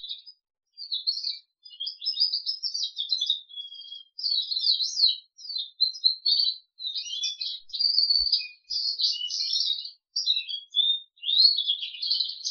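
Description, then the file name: Crested canary song, an extended varied warble of quick trills, chirps and rolls delivered almost without pause. "audio kenari jambul"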